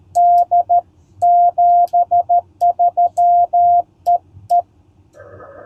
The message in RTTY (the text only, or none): none